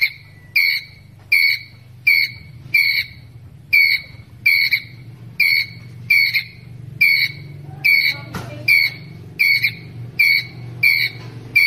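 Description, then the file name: Ground squirrel repeating high, clipped chirps roughly every three quarters of a second, with a brief noise late on and a steady low hum underneath. Ground squirrel calling to its group. "Tieng soc dat goi bay"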